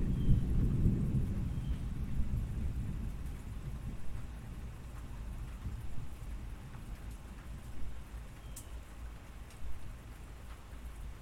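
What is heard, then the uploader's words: Gentle rain falls with a steady, soft hiss, while a deep rumble fills the first three seconds and then fades away. Later, a few sharp metallic ticks of drops on tin stand out, near eight and a half and ten seconds. Gentle Rain and Tin Sounds.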